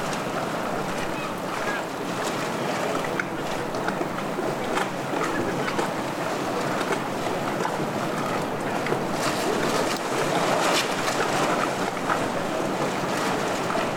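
Lapping waves wash steadily and densely throughout, with a constant low rumble beneath and brief brighter splashes or bumps scattered across.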